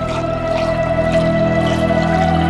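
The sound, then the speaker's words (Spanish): Water is poured from a fully tilted jug into a bowl taken from a table, emptying its scant contents in a steady, continuous stream, its splashing pour carrying a faint ringing tone for a couple of seconds without any talking. “Su suegra coge un tazón de la mesa e inclina completamente la vasija, vertiendo un escaso contenido.”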